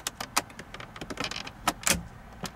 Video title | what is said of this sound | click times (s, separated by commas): Mercedes Benz W220 (S430/S500) Instrument cluster removal and display fix | inserted into the uh opening here what you need to do is hear a nice click | 0.4 s